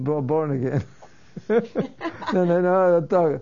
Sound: they laugh

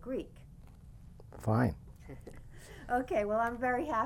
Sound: she laughs

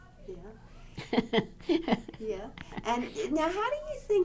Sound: laughs

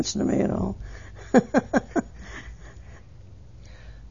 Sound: she laughs

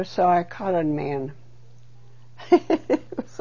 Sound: she laughs

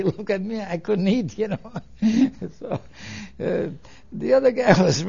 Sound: laughs

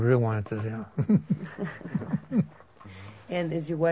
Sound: both laugh

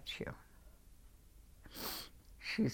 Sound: sniffs

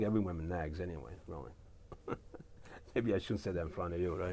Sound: chuckles

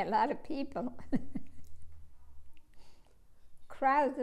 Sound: chuckles

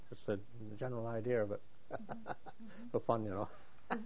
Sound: he laughs

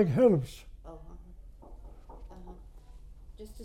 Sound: there is a knock on the door

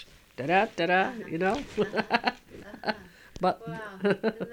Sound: she laughs

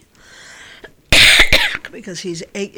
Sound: she coughs

